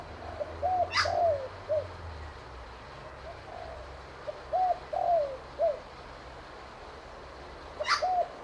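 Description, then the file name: Spotted dove giving two mellow cooing phrases of a few coos each, with the start of a third at the end. Sharp high bird notes cut in twice. "BIRD SPOTTED TURTLE DOVE CALL"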